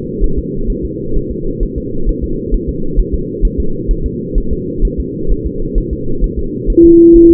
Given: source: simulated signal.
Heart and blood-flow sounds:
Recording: fetal heart sounds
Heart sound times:
0.24 s: S1
0.39 s: S2
0.70 s: S1
0.85 s: S2
1.16 s: S1
1.31 s: S2
1.63 s: S1
1.78 s: S2
2.09 s: S1
2.24 s: S2
2.54 s: S1
2.69 s: S2
3.00 s: S1
3.14 s: S2
3.45 s: S1
3.60 s: S2
3.91 s: S1
4.06 s: S2
4.38 s: S1
4.53 s: S2
4.85 s: S1
5.00 s: S2
5.32 s: S1
5.46 s: S2
5.78 s: S1
5.93 s: S2
6.24 s: S1
6.39 s: S2
6.70 s: S1
6.85 s: S2
7.16 s: S1
7.31 s: S2
From the record:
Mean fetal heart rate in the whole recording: 130 bpm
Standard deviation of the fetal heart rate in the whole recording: 4 bpm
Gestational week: 38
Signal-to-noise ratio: -8.1 dB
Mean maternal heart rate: 72 bpm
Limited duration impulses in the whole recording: present

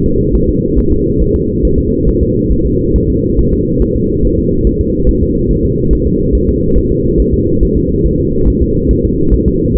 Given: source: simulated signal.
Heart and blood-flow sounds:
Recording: fetal heart sounds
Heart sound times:
0.06 s: S2
0.35 s: S1
0.49 s: S2
0.79 s: S1
0.93 s: S2
1.22 s: S1
1.36 s: S2
1.65 s: S1
1.79 s: S2
2.09 s: S1
2.23 s: S2
2.52 s: S1
2.66 s: S2
2.96 s: S1
3.10 s: S2
3.39 s: S1
3.53 s: S2
3.82 s: S1
3.96 s: S2
4.25 s: S1
4.39 s: S2
4.67 s: S1
4.81 s: S2
5.09 s: S1
5.23 s: S2
5.51 s: S1
5.65 s: S2
5.93 s: S1
6.07 s: S2
6.35 s: S1
6.49 s: S2
6.78 s: S1
6.92 s: S2
7.20 s: S1
7.34 s: S2
7.63 s: S1
7.77 s: S2
8.06 s: S1
8.20 s: S2
8.48 s: S1
8.62 s: S2
8.91 s: S1
9.05 s: S2
9.34 s: S1
9.48 s: S2
9.77 s: S1
From the record:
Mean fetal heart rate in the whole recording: 140 bpm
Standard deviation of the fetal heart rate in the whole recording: 2 bpm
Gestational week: 34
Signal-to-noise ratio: -15.3 dB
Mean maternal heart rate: 72 bpm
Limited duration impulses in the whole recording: present

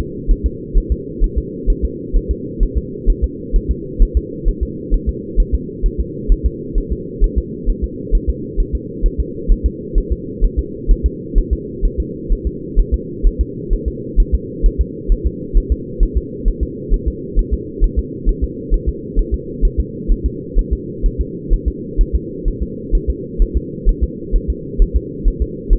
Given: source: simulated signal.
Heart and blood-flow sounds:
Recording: fetal heart sounds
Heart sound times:
0.31 s: S1
0.46 s: S2
0.78 s: S1
0.92 s: S2
1.24 s: S1
1.38 s: S2
1.70 s: S1
1.85 s: S2
2.16 s: S1
2.31 s: S2
2.63 s: S1
2.78 s: S2
3.10 s: S1
3.24 s: S2
3.56 s: S1
3.71 s: S2
4.02 s: S1
4.17 s: S2
4.48 s: S1
4.63 s: S2
4.94 s: S1
5.09 s: S2
5.40 s: S1
5.55 s: S2
5.86 s: S1
6.00 s: S2
6.32 s: S1
6.46 s: S2
6.78 s: S1
6.92 s: S2
7.24 s: S1
7.38 s: S2
7.69 s: S1
7.84 s: S2
8.15 s: S1
8.29 s: S2
8.60 s: S1
8.75 s: S2
9.06 s: S1
9.20 s: S2
9.52 s: S1
9.66 s: S2
9.98 s: S1
10.12 s: S2
10.44 s: S1
10.59 s: S2
10.91 s: S1
11.06 s: S2
11.38 s: S1
11.53 s: S2
11.85 s: S1
12.00 s: S2
12.32 s: S1
12.47 s: S2
12.79 s: S1
12.94 s: S2
13.26 s: S1
13.41 s: S2
13.73 s: S1
13.88 s: S2
14.20 s: S1
14.34 s: S2
14.66 s: S1
14.81 s: S2
15.12 s: S1
15.26 s: S2
15.57 s: S1
15.72 s: S2
16.03 s: S1
16.17 s: S2
16.48 s: S1
16.63 s: S2
16.94 s: S1
17.08 s: S2
17.39 s: S1
17.54 s: S2
17.84 s: S1
17.99 s: S2
18.29 s: S1
18.44 s: S2
18.74 s: S1
18.89 s: S2
19.19 s: S1
19.34 s: S2
19.65 s: S1
19.80 s: S2
20.12 s: S1
20.26 s: S2
20.59 s: S1
20.73 s: S2
21.06 s: S1
21.21 s: S2
21.53 s: S1
21.68 s: S2
22.01 s: S1
22.15 s: S2
22.48 s: S1
22.63 s: S2
22.95 s: S1
23.10 s: S2
23.42 s: S1
23.57 s: S2
23.89 s: S1
24.03 s: S2
24.36 s: S1
24.50 s: S2
24.82 s: S1
24.96 s: S2
25.28 s: S1
25.42 s: S2
25.73 s: S1
From the record:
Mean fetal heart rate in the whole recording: 130 bpm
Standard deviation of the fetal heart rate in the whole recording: 2 bpm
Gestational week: 38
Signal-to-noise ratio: -4.1 dB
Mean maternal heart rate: no maternal heart sound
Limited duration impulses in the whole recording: absent

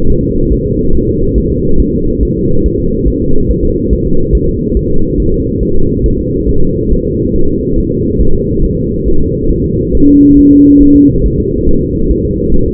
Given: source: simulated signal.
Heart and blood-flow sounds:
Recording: fetal heart sounds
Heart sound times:
0.10 s: S1
0.24 s: S2
0.53 s: S1
0.67 s: S2
0.95 s: S1
1.09 s: S2
1.38 s: S1
1.52 s: S2
1.80 s: S1
1.94 s: S2
2.23 s: S1
2.37 s: S2
2.66 s: S1
2.80 s: S2
3.08 s: S1
3.22 s: S2
3.50 s: S1
3.64 s: S2
3.93 s: S1
4.07 s: S2
4.35 s: S1
4.49 s: S2
4.77 s: S1
4.91 s: S2
5.20 s: S1
5.34 s: S2
5.63 s: S1
5.77 s: S2
6.06 s: S1
6.20 s: S2
6.49 s: S1
6.63 s: S2
6.93 s: S1
7.06 s: S2
7.36 s: S1
7.50 s: S2
7.78 s: S1
7.92 s: S2
8.21 s: S1
8.35 s: S2
8.64 s: S1
8.78 s: S2
9.08 s: S1
9.22 s: S2
9.51 s: S1
9.65 s: S2
9.95 s: S1
10.09 s: S2
10.39 s: S1
10.53 s: S2
10.82 s: S1
10.96 s: S2
11.26 s: S1
11.40 s: S2
11.69 s: S1
11.83 s: S2
12.11 s: S1
12.25 s: S2
12.54 s: S1
12.68 s: S2
From the record:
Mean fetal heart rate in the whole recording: 140 bpm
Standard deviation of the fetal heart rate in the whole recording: 2 bpm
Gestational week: 34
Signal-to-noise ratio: -19.1 dB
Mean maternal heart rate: 72 bpm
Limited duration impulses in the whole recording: present

